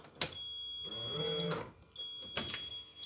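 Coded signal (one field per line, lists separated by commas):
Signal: beep code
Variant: Rolls-Royce Silver Spirit alarm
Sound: two long high-pitched beeps separated by a short pause, with lock clunks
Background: car lock mechanism noise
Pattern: 2 long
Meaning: Two beeps mean the car is unlocked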